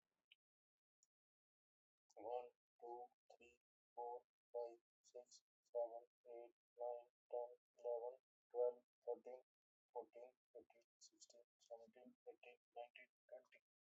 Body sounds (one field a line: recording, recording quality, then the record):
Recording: counting at a normal pace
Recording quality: excellent, no background noise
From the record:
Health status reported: healthy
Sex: male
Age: 53 years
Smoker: yes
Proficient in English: yes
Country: India